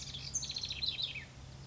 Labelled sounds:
House Wren (Troglodytes aedon)
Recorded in Sonoma County, California

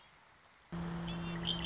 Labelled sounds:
Red-winged Blackbird (Agelaius phoeniceus)
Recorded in Sonoma County, California

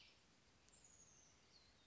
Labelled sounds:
Chestnut-backed Chickadee (Poecile rufescens)
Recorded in Sonoma County, California

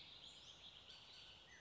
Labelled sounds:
Bullock's Oriole (Icterus bullockii)
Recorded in Sonoma County, California

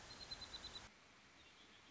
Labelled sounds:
Red-winged Blackbird (Agelaius phoeniceus)
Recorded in Sonoma County, California

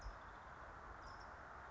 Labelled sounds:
California Towhee (Melozone crissalis)
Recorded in Sonoma County, California

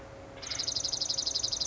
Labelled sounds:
Acorn Woodpecker (Melanerpes formicivorus)
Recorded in Sonoma County, California

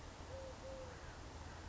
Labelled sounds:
Eurasian Collared Dove (Streptopelia decaocto)
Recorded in Sonoma County, California

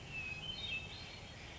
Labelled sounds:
Hermit Thrush (Catharus guttatus)
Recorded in Sonoma County, California

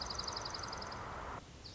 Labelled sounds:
Dark-eyed Junco (Junco hyemalis)
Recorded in Sonoma County, California

